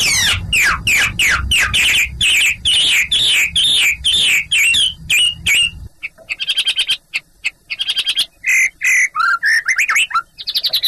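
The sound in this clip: Chinese hwamei song of repeated ringing whistled phrases over a low background rumble, then changing to more varied slurred notes after the rumble stops.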